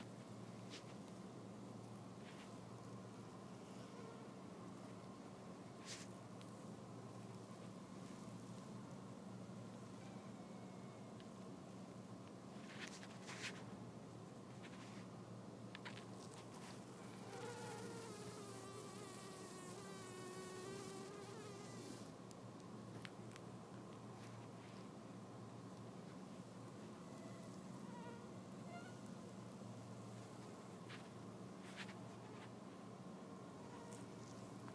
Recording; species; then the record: mosquito flight sound by mobile phone; Anopheles albimanus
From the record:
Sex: female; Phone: iPhone 4S